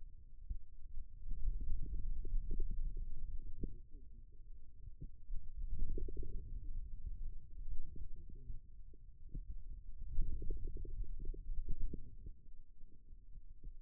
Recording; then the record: forearm muscle sounds (acoustic myography)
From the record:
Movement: finger pinch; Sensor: system 2, bracelet of six BSWA MPA416 microphones around the upper forearm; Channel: 4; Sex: male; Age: 22 years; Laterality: right